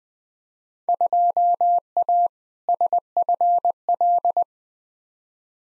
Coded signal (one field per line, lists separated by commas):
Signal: Morse code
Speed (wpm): 20 wpm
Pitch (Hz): 700 Hz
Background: none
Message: 2A SFL